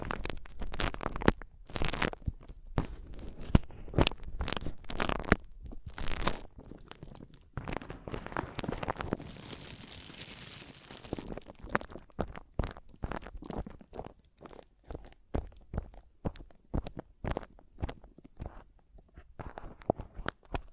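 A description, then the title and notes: Mic tapping and scratching, with sharp, irregular taps and crinkly scrapes following one another in quick, uneven bursts. Around the middle, from about 8 to 11 seconds, a steadier hissy scratching takes over. After that the sparse, crisp taps return, some louder than others. ASMR Mic Tapping and Scratching (No Talking).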